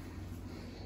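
A cam-lock screw fitting on a bookshelf panel is being turned slightly by hand to join the panels. Only a steady low hum and faint handling noise are heard, with no sharp hit. The cam lock connector has not locked home yet, and nothing has seated or clicked.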